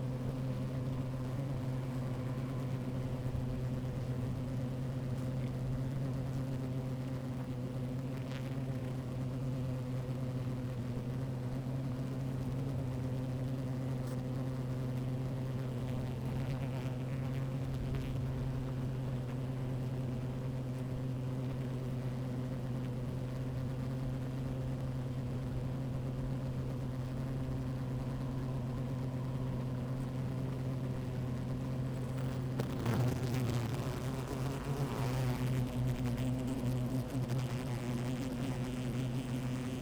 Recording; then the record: honeybee colony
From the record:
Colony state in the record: active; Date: 28 July 2017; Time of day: 12:51